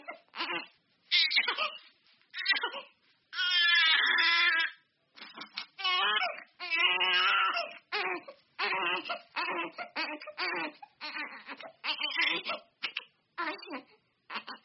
Nursery Baby Crying.